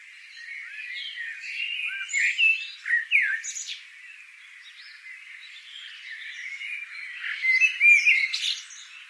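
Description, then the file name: Eurasian blackbird giving harsh, chattering notes in irregular bursts, with a louder flurry near the end. "Turdus merula"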